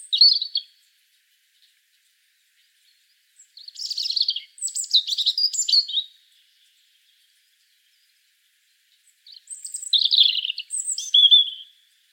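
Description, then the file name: European robin song: three bursts of high, thin warbling phrases mixing sweet whistles and rapid trills, separated by silent pauses of a few seconds. "Erithacus rubecula"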